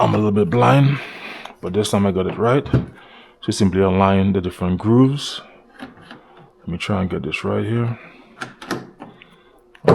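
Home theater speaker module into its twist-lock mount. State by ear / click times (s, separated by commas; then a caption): seated / 9.9 s. Someone talks while lining up the grooves of an Ultimea Skywave X100 home-theater speaker module with its twist-lock mount, with a few small handling knocks. The module is turned and twisted, and it locks into place with a sharp click at 9.9 s.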